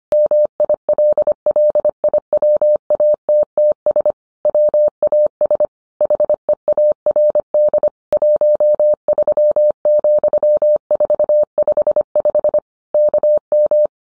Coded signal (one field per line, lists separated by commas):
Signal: Morse code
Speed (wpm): 25 wpm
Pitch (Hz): 600 Hz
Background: none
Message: MILLIWATTS WAS HEARD 13,455 KM